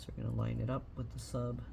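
Someone talks while a wide flex ribbon cable connector is lined up with the sub board socket of a Samsung Galaxy S22 Ultra phone. The connector has not seated or clicked in yet.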